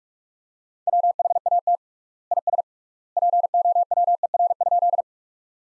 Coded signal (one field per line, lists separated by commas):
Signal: Morse code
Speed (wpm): 46 wpm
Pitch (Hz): 700 Hz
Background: none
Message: WHAT IS POWER?